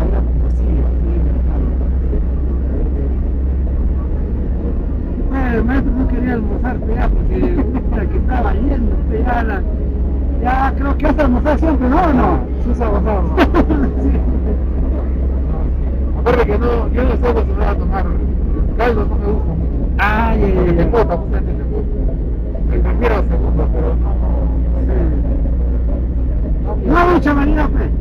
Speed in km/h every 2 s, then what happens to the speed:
28, 30, 31, 30, 29, 29, 29, 29, 30, 29, 27, 26, 26, 27.
0-28 steady at about 29.